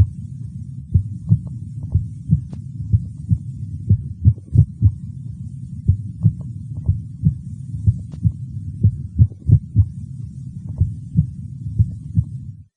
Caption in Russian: При экстрасистолии на фоне правильного ритма слышны одиночные преждевременные сокращения сердца, после которых следует компенсаторная пауза. В момент экстрасистолы можно определить усиление первого тона по сравнению с предшествующими циклами. Обычно это производится при аускультации в первой точке.